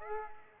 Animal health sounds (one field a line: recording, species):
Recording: mosquito wingbeat signal from an infrared sensor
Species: Aedes aegypti